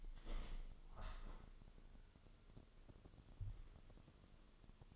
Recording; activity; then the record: daily activity, microphone in the room; open window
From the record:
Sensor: 4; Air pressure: 1001.2 hPa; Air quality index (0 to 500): 176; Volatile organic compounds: 2 ppm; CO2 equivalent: 1261 ppm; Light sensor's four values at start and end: 12/28/11/12 and 12/28/11/12